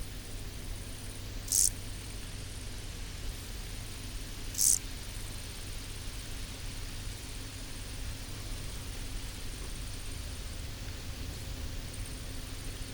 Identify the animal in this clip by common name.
Lesser Marsh Grasshopper